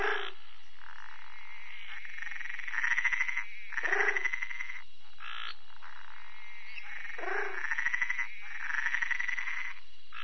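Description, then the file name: Treefrog calls: repeated buzzy pulsed trills of about a second each, interrupted by lower gruff croaks, more frogs trilling alongside. "Bokermannohyla luctuosa"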